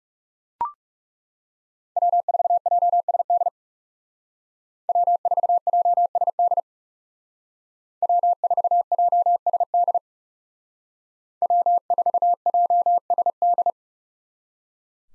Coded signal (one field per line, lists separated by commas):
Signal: Morse code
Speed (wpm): 39 wpm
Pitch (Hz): 700 Hz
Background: none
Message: W4JSD W4JSD W4JSD W4JSD